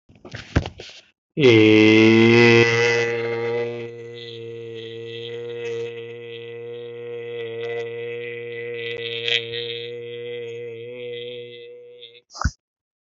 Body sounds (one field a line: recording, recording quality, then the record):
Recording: sustained vowel as in made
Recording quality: excellent, no background noise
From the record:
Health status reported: healthy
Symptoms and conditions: cough, cold, loss of smell and taste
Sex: male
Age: 28 years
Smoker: not ticked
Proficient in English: yes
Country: India